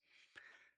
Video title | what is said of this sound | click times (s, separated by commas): Rode Wireless Go 2 Saves the Day 2025/04/04 | There we go. And then you just twist and it locks into place. | 0.4 s